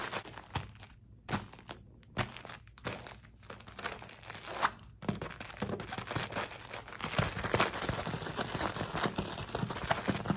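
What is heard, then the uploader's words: Fast squishy, crinkly handling sounds: sharp bursts with short silences for five seconds, then dense, continuous crackling and rustling through the end. ASMR Fast Paced Squishy + Crinkly Triggers.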